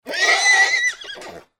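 Horse neighing, one loud whinny lasting nearly one and a half seconds, holding steady then breaking into shaky, falling pulses before fading out.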